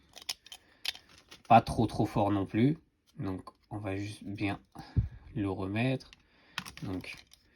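A piece of a transparent plastic case for a Flipper Zero handheld device is handled and put back into place while someone talks. A few faint taps and clicks come early on. The part has not seated or clicked in yet when the clip ends.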